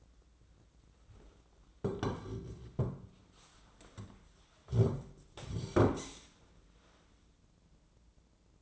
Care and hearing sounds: daily activity, microphone in the room; sit down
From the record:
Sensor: 3

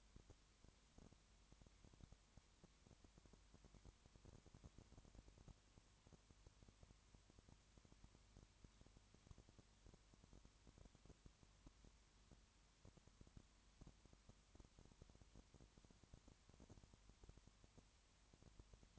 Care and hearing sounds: daily activity, microphone in the room; no activity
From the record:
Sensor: 3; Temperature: 20.5 degrees Celsius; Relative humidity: 34.6%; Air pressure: 1001.1 hPa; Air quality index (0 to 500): 196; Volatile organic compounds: 6 ppm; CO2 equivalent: 1862 ppm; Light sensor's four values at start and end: 2/3/2/2 and 2/3/2/2

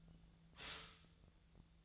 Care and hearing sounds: daily activity, microphone in the room; stop toaster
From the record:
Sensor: 3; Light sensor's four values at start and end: 24/61/26/27 and 28/69/29/31

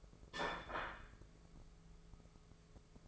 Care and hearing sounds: daily activity, microphone in the room; place plate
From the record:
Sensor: 5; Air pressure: 1015.2 hPa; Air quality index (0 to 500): 206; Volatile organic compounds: 11 ppm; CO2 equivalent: 2266 ppm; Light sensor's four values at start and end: 78/182/78/85 and 77/182/78/85

